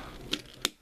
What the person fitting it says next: Okay, you hear that nice snap.